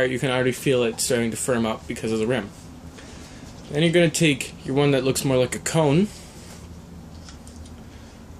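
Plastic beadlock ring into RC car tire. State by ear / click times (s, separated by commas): not seated / none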